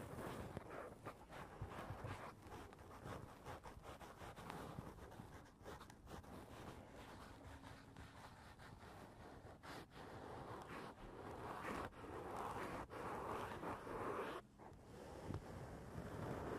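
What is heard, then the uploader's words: Dense tapping on a foam surface, with soft thuds and scratchy hits crowding together over a constant rushing, wind-like rumble. The level stays fairly even throughout, with sharper taps standing out now and then and a brief lull near fourteen seconds. Tapping on the roof of your foam house.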